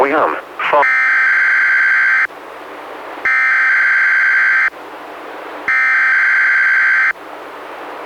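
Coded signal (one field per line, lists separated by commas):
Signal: Emergency Alert System (SAME) tones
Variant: header bursts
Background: speech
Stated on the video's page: Required weekly tests issued by the weather service, relayed by a weather radio station, recorded from a Reecom R-1630 weather radio to computer via USB.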